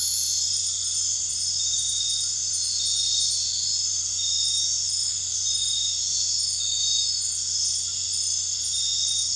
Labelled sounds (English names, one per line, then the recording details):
none
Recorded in dense forest near Puerto Asís, Putumayo, Colombia, on 13 March 2025 at 00:00
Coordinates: 0.484, -76.317
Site G064